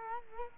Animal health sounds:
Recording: mosquito wingbeat signal from an infrared sensor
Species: Culex quinquefasciatus

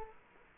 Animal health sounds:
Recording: mosquito wingbeat signal from an infrared sensor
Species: Culex quinquefasciatus

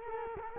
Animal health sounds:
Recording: mosquito wingbeat signal from an infrared sensor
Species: Culex quinquefasciatus

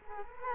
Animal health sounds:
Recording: mosquito wingbeat signal from an infrared sensor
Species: Culex quinquefasciatus

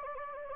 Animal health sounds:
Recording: mosquito wingbeat signal from an infrared sensor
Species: Anopheles gambiae

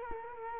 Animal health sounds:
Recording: mosquito wingbeat signal from an infrared sensor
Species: Culex quinquefasciatus

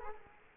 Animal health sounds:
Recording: mosquito wingbeat signal from an infrared sensor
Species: Culex quinquefasciatus

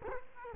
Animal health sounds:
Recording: mosquito wingbeat signal from an infrared sensor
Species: Culex quinquefasciatus

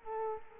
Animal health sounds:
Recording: mosquito wingbeat signal from an infrared sensor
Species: Culex quinquefasciatus

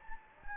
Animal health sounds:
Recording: mosquito wingbeat signal from an infrared sensor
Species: Anopheles gambiae

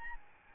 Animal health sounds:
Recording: mosquito wingbeat signal from an infrared sensor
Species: Aedes albopictus

